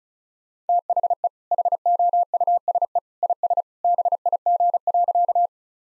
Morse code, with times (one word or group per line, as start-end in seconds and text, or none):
0.7-1.3 THE
1.5-3.0 HOUSE
3.2-3.6 IS
3.8-5.5 BIG.